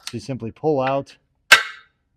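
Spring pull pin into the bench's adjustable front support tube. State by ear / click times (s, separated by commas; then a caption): seated / 1.5 s. On a Flybird adjustable folding weight bench, a spring-loaded pull pin on the front leveling support is pulled out, slid to the next hole, and let go. Someone talks, then at 1.5 s a sharp, loud click is heard as the pin snaps into the adjustment hole in the bench's adjustable front support tube. The pin is seated and locked in place.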